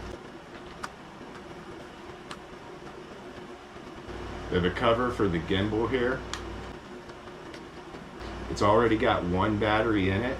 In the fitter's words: its arms snap into place really really well